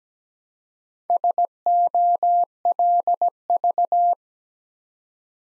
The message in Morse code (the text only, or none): SOLV